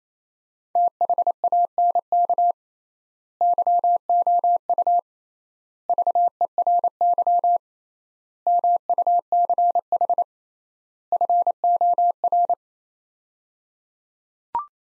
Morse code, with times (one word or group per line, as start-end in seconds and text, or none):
0.8-2.5 THANK
3.4-5.0 YOU
5.9-7.6 VERY
8.5-10.2 MUCH
11.1-12.5 FOR